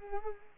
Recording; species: mosquito wingbeat signal from an infrared sensor; Culex pipiens